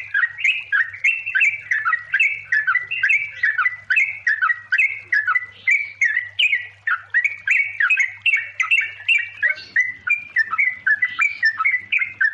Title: Masteran Trucukan Malam Hari Untuk Burung Trucuk Bahan Malas Bunyi Macet Bunyi Agar Gacor Ropel